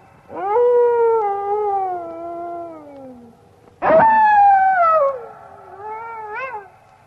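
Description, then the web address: Dog howling: a long, steady, mournful tone that slowly falls for about three seconds, then a second howl starting sharply and sliding downward, ending with a brief wavering note. "animali cani cani dog"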